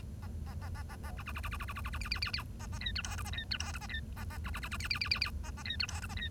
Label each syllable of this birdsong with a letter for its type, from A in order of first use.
A A A A A A B B B B B B B B B B C C C C A A D E F G A D E F G A D A A B B B B C C C C C A A D E F G A D